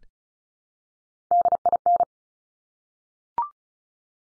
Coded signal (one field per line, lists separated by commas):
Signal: Morse code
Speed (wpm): 36 wpm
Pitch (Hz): 700 Hz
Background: none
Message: DIN